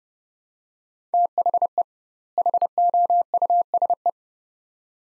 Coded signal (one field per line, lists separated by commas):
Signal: Morse code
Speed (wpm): 32 wpm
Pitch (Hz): 700 Hz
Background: none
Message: THE HOUSE